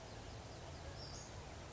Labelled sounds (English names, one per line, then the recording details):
Western Flycatcher
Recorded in Sonoma County, California